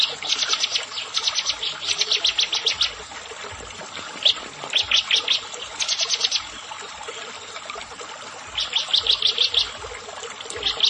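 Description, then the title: Bar-winged prinia song: several quick buzzy high trills in clusters separated by quieter gaps, over faint hiss. "Ciblek Sawah"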